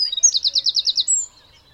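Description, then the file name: Eurasian wren giving a short, bright trill of evenly repeated high notes, ending with a thin high whistle. "Troglodytes troglodytes"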